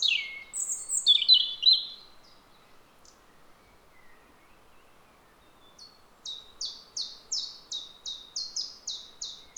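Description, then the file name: European robin song: a brief bright warbled phrase, a long silent gap, then a rhythmic run of many clear, high downslurred notes. "Erithacus rubecula"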